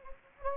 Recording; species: mosquito wingbeat signal from an infrared sensor; Anopheles gambiae